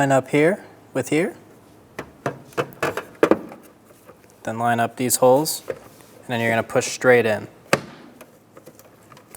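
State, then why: Seated. Someone talks while lining up the plastic driver's side tail light housing of a 2014-2019 Toyota Highlander with its holes and pushing it straight into the vehicle body, with a few light taps and knocks along the way. One loud, sharp click at 7.7 seconds shows the housing has clipped home and is seated. A few faint small ticks follow.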